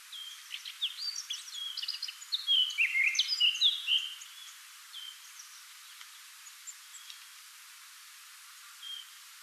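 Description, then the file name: Eurasian Blackcap song: a scratchy opening that swells into loud fluty whistled phrases around three seconds, then thin scattered notes and a brief final whistle. "Sylvia atricapilla"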